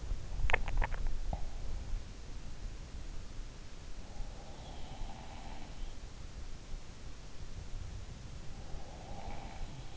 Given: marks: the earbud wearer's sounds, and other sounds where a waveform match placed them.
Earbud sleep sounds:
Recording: sounds in sleep by an in-ear microphone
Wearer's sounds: swallowing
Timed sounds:
0.00-1.60 s: swallowing
4.24-5.95 s: sound from someone else or the room

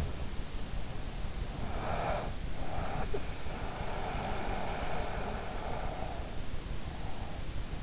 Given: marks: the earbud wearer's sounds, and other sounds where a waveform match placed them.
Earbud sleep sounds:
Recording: sounds in sleep by an in-ear microphone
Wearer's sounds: breath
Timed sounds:
1.34-4.27 s: breath

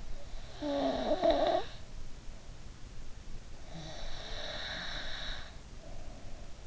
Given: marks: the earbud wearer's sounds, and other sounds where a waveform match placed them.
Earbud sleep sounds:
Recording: sounds in sleep by an in-ear microphone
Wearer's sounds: snoring breath, breath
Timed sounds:
0.58-1.73 s: snoring breath
3.57-6.67 s: breath

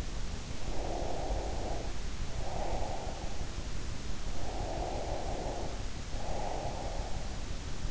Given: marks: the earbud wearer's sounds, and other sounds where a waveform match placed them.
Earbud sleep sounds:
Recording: sounds in sleep by an in-ear microphone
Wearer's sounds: breath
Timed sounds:
0.52-3.55 s: breath
4.23-7.48 s: breath

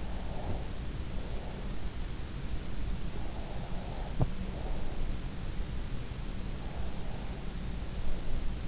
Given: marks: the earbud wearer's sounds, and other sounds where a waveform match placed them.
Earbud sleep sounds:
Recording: sounds in sleep by an in-ear microphone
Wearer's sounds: breath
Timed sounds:
0.06-1.71 s: breath
3.26-5.07 s: breath
6.48-8.67 s: breath

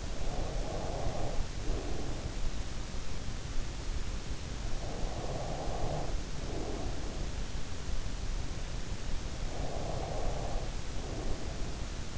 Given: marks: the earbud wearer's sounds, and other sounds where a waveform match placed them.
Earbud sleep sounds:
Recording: sounds in sleep by an in-ear microphone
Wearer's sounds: breath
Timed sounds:
0.00-2.75 s: breath
4.65-7.69 s: breath
9.44-12.18 s: breath

